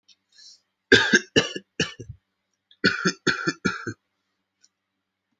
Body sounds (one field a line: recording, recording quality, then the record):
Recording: heavy voluntary cough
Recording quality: excellent, no background noise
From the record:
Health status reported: healthy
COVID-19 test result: not tested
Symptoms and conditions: asthma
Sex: male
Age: 22 years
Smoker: not ticked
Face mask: not worn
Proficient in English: yes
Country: India